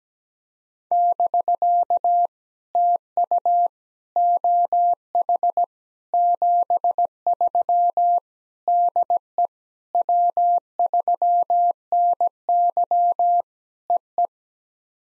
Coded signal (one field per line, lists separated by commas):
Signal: Morse code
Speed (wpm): 17 wpm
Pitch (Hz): 700 Hz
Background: none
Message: <BK> TU OH 73 DE W3NY EE